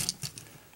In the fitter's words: this Peg comes loose and allows you to rotate this rotate it around as far as it will go then